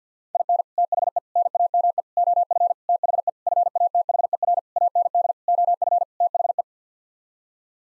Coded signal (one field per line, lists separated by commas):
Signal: Morse code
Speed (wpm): 50 wpm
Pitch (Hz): 700 Hz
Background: none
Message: IN THE NAME OF THE FATHER AND OF THE